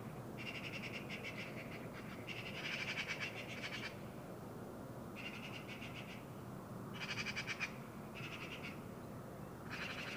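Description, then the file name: Eurasian magpie chattering in rapid harsh rattles, several bursts separated by short pauses, over a steady low rumble of background noise. "Pica pica"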